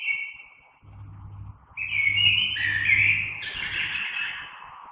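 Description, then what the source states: Common blackbird song: the end of one phrase, then a long, rich warbled phrase breaking into higher twittering notes, over a low steady hum. Recorded 3 March 2020.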